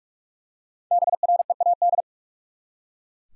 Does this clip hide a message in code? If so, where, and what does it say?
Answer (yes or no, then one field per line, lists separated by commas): yes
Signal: Morse code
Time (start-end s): 0.9-2.0 s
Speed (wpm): 44 wpm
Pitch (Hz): 700 Hz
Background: none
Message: BREAD